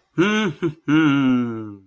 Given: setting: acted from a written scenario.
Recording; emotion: vocal sound without words; pride